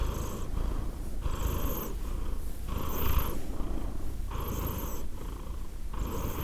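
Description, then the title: Cat purring faintly, an even breathy rumble with gentle rhythmic swells and no strong low bursts. Cat named Edith, purring, Glasgow, Scotland, December 2023. "Edith purring, Glasgow, Scotland in December 2023 – by Steve Urquhart"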